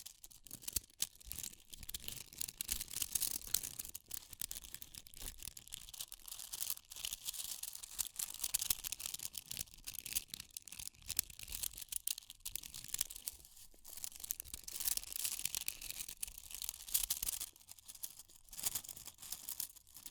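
Fire crackles without a break, a dense stream of sharp, bright pops and snaps packed closely together. Small crisp clicks and crunchy, tearing bursts come irregularly over a soft steady hiss, with a few louder cracks scattered through.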